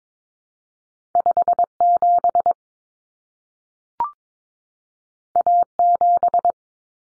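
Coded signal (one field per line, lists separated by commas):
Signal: Morse code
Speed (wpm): 22 wpm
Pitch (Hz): 700 Hz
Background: none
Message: 57 A7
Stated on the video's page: Morse drill of common two-digit cut numbers (T, A, N for 0, 1, 9) at 22wpm, sent, spoken, sent again.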